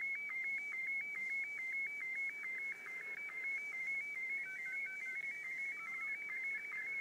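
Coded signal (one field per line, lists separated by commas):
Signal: SSTV (slow-scan television)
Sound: steady high warbling tone broken by rapid regular clicks, like a ticking scan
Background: radio static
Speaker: okay there he goes again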